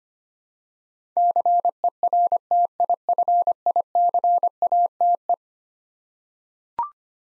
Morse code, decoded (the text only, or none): CERTIFICATE